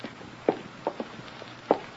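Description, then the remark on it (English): Four soft, muffled footsteps land at an uneven pace in a hall, each a short low thud over a faint background hiss, with no voices. “Why, I thought I heard footsteps in the hall.”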